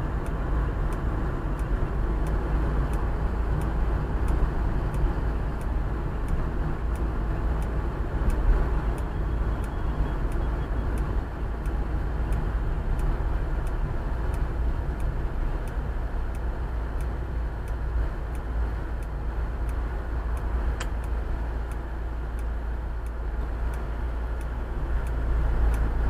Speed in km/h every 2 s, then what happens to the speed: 44, 43, 43, 41, 40, 36, 30, 24, 20, 16, 11, 8, 8.
0-8 steady at about 43. 8-21 slows to 8.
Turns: 21-26.